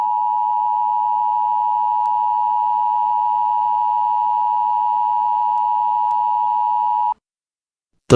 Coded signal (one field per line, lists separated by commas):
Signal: Emergency Alert System (SAME) tones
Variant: 853 and 960 Hz attention tone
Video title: EAS Scenario #6 EXE Double Trouble NateDog2020P EXE's and Lincoln530 EXE's revenge